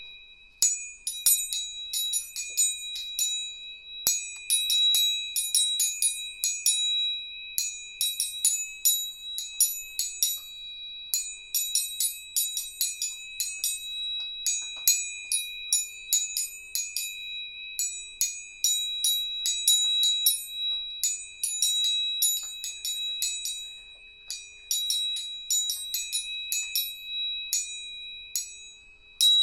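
A tuning fork rings with a steady, bright, high tone that holds unbroken for the whole half minute. Over it come rapid clusters of sharp metallic taps, like the fork being struck again and again, bunched into quick bursts with short gaps.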